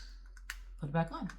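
The plastic flip lid of an Ion8 water bottle is snapped closed onto the bottle cap after the stopper has been refitted, with a sharp snap at 0.5 s. Faint light taps come just before it, and someone talks afterward from about 0.8 s. The lid is seated and closed.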